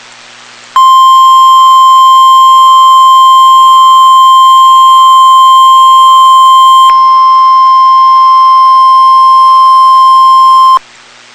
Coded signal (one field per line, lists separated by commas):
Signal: Emergency Alert System (SAME) tones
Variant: 1050 Hz attention tone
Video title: PDS Tornado Watch (EAS #351)